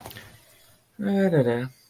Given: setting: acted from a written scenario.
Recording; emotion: vocal sound without words; neutral